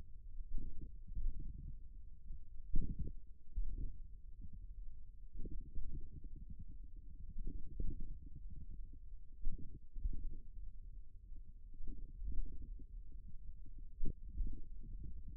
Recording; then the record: forearm muscle sounds (acoustic myography)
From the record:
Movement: finger pinch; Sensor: system 1, eight BSWA MPA416 microphones around the upper forearm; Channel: 8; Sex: male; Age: 41 years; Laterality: right